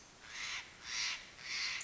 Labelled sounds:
Steller's Jay
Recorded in Sonoma County, California

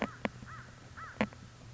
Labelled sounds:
American Crow
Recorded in Sonoma County, California

